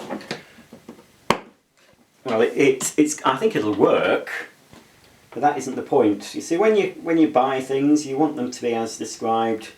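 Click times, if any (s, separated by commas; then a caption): 1.3 s. A bag holder or seal piece is pushed into the body of a damaged Hoover Aqua 15 wet and dry vacuum cleaner, and it clicks into place with a short, sharp snap at 1.3 s. Someone talks before and after the click, and the piece ends up seated.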